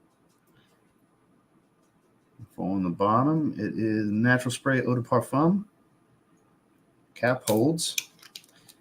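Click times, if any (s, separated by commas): none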